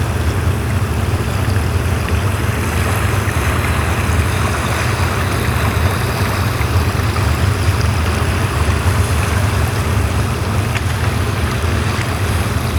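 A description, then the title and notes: A boat on a river keeps up a steady, dense drone the whole time, with a strong low rumble underneath. Water hisses and washes around the hull without pause, and a few faint, brief clicks sit in the upper part of the sound. Beginning on the River Kemi upstream of the Valajaskoski hydro dam.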